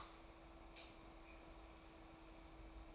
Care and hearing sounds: daily activity, microphone in the room; light on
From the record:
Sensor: 1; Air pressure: 991.0 hPa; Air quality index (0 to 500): 109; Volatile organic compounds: 100 ppm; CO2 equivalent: 3755 ppm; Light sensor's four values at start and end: 23/51/22/24 and 26/66/27/29

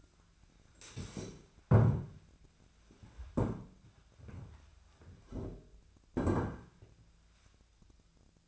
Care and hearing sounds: daily activity, microphone in the room; stand up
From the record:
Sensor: 2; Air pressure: 1008.0 hPa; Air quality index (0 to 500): 181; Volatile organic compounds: 10 ppm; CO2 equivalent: 2228 ppm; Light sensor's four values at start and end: 11/26/11/11 and 10/25/10/11

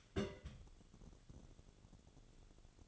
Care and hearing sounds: daily activity, microphone in the room; place on stove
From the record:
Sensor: 4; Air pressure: 1008.9 hPa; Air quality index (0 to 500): 133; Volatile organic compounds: 1 ppm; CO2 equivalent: 969 ppm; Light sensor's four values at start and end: 11/25/10/9 and 11/25/10/9

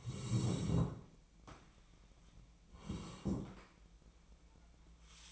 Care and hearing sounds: daily activity, microphone in the room; sit down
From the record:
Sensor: 1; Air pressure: 1012.3 hPa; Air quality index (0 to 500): 171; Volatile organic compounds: 3 ppm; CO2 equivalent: 1407 ppm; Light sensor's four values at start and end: 44/118/48/59 and 44/118/48/59

